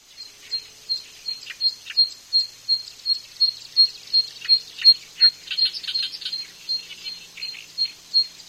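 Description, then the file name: Zitting cisticola repeating thin, high clicking 'zit' calls about every third of a second, with scattered softer chirps. "sekka"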